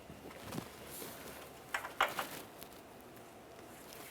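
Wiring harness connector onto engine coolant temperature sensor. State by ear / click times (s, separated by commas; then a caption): not seated / none. A plastic wiring harness connector is lined up by its locking tab and slid toward the new engine coolant temperature sensor on a 2012-2015 Honda Civic 1.8L L4. Soft handling rustle runs through the clip, with brief sharp knocks at about 1.8 s, 2.0 s and 2.2 s. The connector has not seated or clicked yet.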